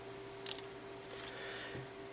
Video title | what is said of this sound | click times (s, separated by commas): Replacement Keyboard Key Compaq Repair Guide | after you hear the clip snap into place test it for functionality | 0.5 s, 0.6 s